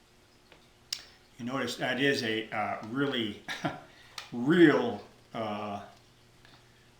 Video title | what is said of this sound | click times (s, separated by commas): Part one Cleaning Lee-Enfield No.4 Mark 1 from 1943 | uh these things just lock in place they snap in place | 0.9 s